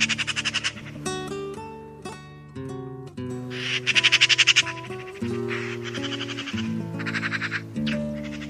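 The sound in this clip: Eurasian magpie chattering in several short bursts of rapid, harsh rattling notes, set over a steady musical jingle with sustained tones throughout.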